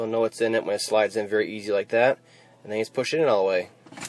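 Someone talks while a car radio unit is slid along its track into the dashboard opening of a Ford Windstar and pushed further in. A faint brief sound comes near the end of the clip, but the radio has not snapped or seated yet.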